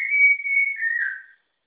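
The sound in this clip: Malabar whistling thrush holding one long, clear whistle that stays level before dropping slightly and fading out.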